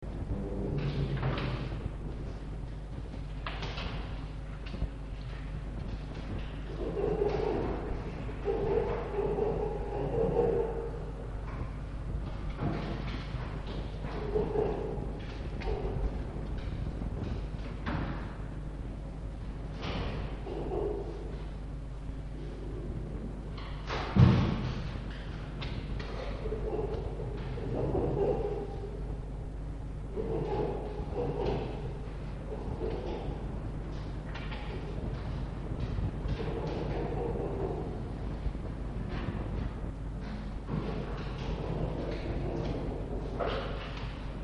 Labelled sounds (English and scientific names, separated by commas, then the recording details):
Red Fox (Vulpes vulpes)
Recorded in captivity
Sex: diverse
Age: adult
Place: Zoologisches Institut der HUB, Berlin, DE
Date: 1955-02-26 17:50
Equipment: 19 cm, Halbspuraufnahme (BG 5)
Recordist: Tembrock, Günter
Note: Band F 206-1: Fritz: LMf (mit Fleisch). Fiffi: LMf (mit Fleisch), dazwischen leise Zenzi